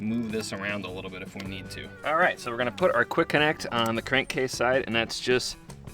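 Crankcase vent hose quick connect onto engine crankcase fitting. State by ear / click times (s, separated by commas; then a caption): not seated / none. Someone talks over background music while handling a plastic quick-connect coupling on the catch can hose of a Ford F150, about to slide it over the engine's crankcase-side fitting. The clip ends before it goes on, so nothing has clicked or seated yet.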